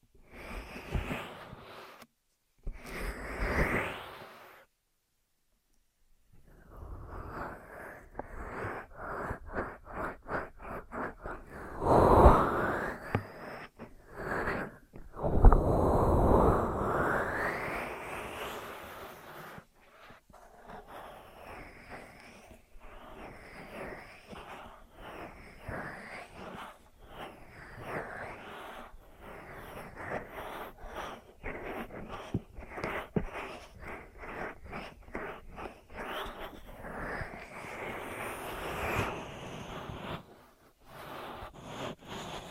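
Ear massage and cleaning: a dense run of close rubbing, scratching and crackling sounds that comes in uneven strokes throughout. Near the start there are brief silent gaps, and around 12 and 15–18 seconds the rubbing swells into louder, rushing passes before settling back into steady textured scraping.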